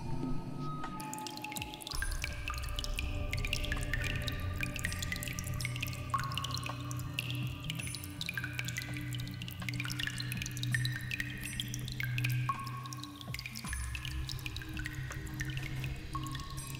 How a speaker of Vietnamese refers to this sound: Ở đây còn có tiếng nước nhỏ giọt và đủ loại thạch nhũ hình thù kỳ quái.